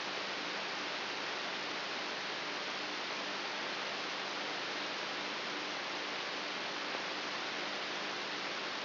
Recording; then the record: brain microelectrode recording played as sound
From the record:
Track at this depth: inside the subthalamic nucleus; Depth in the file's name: 3.44 mm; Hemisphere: right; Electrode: 3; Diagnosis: Parkinson's disease